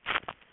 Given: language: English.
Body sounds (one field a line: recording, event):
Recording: throat vibration sensor signal played as sound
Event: swallow